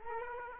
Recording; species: mosquito wingbeat signal from an infrared sensor; Aedes aegypti